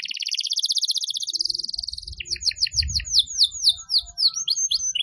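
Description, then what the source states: Canary song opening with a fast rattling trill, then sweeping descending whistled notes repeated several times a second, with faint low knocks in the background. Lure call for bird-trapping.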